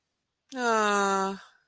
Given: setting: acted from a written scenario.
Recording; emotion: vocal sound without words; disappointment